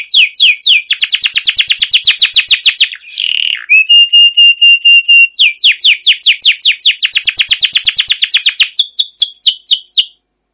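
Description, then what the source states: Canary song: fast runs of repeated downward-sweeping chirps, broken by a buzzy rattle and a long steady whistled note before the rapid trill resumes. Canary song recorded as a lure or training master for canaries, a long trilling rolled song described as cuit cuit ngerol, gacor panjang.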